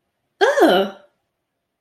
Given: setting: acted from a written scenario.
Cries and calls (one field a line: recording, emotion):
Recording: vocal sound without words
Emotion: negative surprise